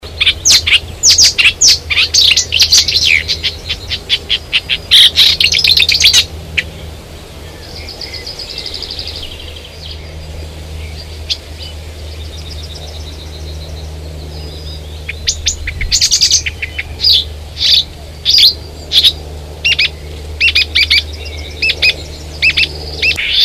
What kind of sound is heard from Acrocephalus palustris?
song